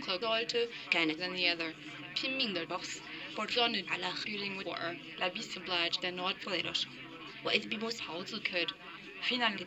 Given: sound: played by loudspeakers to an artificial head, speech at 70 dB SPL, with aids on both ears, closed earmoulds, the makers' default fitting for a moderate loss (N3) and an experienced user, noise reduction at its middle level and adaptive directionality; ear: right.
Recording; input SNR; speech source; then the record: speech test signal (ISTS) in cocktail-party noise; +6 dB; on the right (90 degrees)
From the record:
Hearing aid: class 1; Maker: D